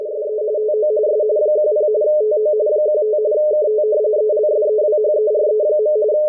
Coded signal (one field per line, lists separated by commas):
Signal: RTTY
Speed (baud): 45.45 baud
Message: SE TO S 10 TO 15 KT ELSEWHERE.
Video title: WLO Marine weather RTTY decode at 8473 kHz